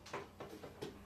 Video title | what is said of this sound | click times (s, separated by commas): 50 Amp Plasma Cutter: How to Set It Up (Step-by-Step) | hear it go click and it's got like some teeth in this little thing here and when you push it in | 0.1 s